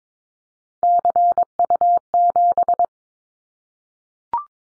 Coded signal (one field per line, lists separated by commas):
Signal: Morse code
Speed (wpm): 22 wpm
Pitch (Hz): 700 Hz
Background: none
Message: CU7